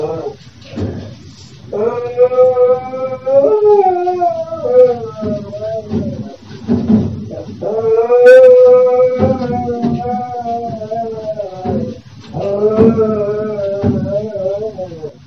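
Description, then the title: Dog howling: long, drawn-out, wavering tonal cries in three main bouts, each sliding slightly in pitch, with shorter rough sounds between them. Puppy barking. "Mando Perrito Ladrando"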